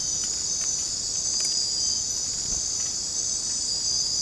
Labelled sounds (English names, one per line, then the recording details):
none
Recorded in secondary vegetation near Puerto Asís, Putumayo, Colombia, on 22 December 2024 at 22:00
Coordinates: 0.481, -76.318
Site G042